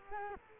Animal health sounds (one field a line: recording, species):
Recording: mosquito wingbeat signal from an infrared sensor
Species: Culex quinquefasciatus